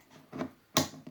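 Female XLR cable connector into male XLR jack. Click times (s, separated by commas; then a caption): 0.8 s. The female end of a 20 ft CBI MLC20 Low Z XLR microphone cable is pushed into a mating male XLR jack. Soft handling sounds come around 0.3–0.4 s, then a sharp latch click at 0.8 s, followed by a faint tap near 1.1 s. The connector clicks in and is seated.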